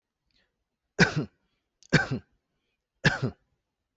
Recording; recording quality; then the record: shallow voluntary cough; excellent, no background noise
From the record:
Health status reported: healthy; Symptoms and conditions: none ticked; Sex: male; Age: 59 years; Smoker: not ticked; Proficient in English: yes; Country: India